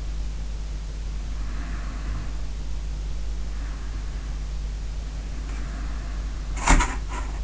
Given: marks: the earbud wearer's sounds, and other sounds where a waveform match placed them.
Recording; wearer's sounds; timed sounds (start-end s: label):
sounds in sleep by an in-ear microphone; breath
1.30-4.47 s: breath
5.17-7.43 s: breath
6.57-7.43 s: sound from someone else or the room